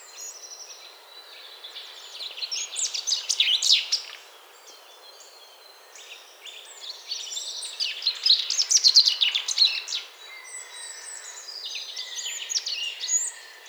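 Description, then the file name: Common chaffinch song, three bursts of rapid notes spaced a few seconds apart, with faint background hiss. "Fringilla coelebs"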